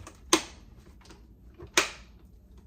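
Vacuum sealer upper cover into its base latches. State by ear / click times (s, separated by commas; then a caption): seated / 0.3 s, 1.8 s. The upper cover of a vacuum sealer is pressed down on each side into the latches on its base. Two sharp, loud clicks sound at 0.3 s and 1.8 s, one per side, and the cover snaps into place.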